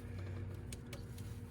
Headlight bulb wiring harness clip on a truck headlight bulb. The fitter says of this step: you'll hear it snap out